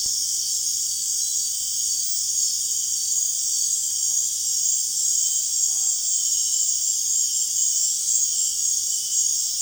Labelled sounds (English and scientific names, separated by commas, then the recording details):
none
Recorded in dense forest near Puerto Asís, Putumayo, Colombia, on 23 June 2025 at 19:30
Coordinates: 0.466, -76.327
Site GP04